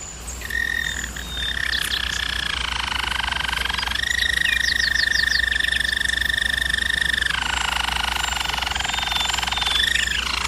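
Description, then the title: German Roller canary song: sustained rolling trills alternating between a higher and a lower level, each held several seconds. Used as a canary training recording. "German Roller Canary Singing - Canary Training Vid"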